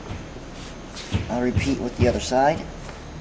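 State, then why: Not seated. A hose coupling lock clip is handled for installation on the other side of an intercooler inlet, with faint handling and shuffling sounds under a short stretch of someone talking. Nothing has snapped or seated yet.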